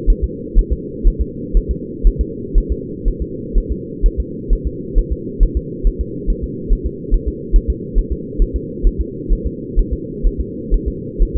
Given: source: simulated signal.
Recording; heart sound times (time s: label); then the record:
fetal heart sounds
0.10 s: S1
0.24 s: S2
0.58 s: S1
0.72 s: S2
1.07 s: S1
1.21 s: S2
1.57 s: S1
1.71 s: S2
2.07 s: S1
2.21 s: S2
2.58 s: S1
2.72 s: S2
3.08 s: S1
3.22 s: S2
3.58 s: S1
3.72 s: S2
4.06 s: S1
4.20 s: S2
4.53 s: S1
4.67 s: S2
4.98 s: S1
5.12 s: S2
5.43 s: S1
5.57 s: S2
5.87 s: S1
6.01 s: S2
6.30 s: S1
6.44 s: S2
6.72 s: S1
6.86 s: S2
7.14 s: S1
7.28 s: S2
7.56 s: S1
7.70 s: S2
7.98 s: S1
8.12 s: S2
8.42 s: S1
8.56 s: S2
8.87 s: S1
9.01 s: S2
9.33 s: S1
9.47 s: S2
9.79 s: S1
9.93 s: S2
10.27 s: S1
10.41 s: S2
10.74 s: S1
10.88 s: S2
11.22 s: S1
11.36 s: S2
From the record:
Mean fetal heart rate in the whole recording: 130 bpm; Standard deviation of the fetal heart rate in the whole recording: 4 bpm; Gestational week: 38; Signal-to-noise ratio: -4.1 dB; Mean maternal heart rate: no maternal heart sound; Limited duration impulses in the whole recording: absent